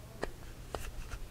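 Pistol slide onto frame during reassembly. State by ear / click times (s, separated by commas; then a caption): not seated / none. A Glock 42 pistol's slide is handled on its frame during reassembly, producing two short, sharp handling ticks at about 0.2 and 0.8 seconds and a fainter one near 1.1 seconds against a quiet background. The slide is not yet home; nothing has seated or clicked yet.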